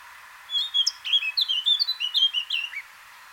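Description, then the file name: Eurasian blackcap song: a fast run of varied warbled notes, lasting about two and a half seconds. "Sylvia atricapilla"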